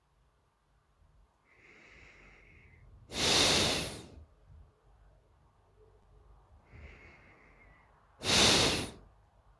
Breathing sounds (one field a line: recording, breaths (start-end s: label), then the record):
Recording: nose breathing near a microphone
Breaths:
1.24-2.98 s: inhalation
2.98-4.19 s: exhalation
6.32-8.09 s: inhalation
8.09-8.99 s: exhalation
From the record:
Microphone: phone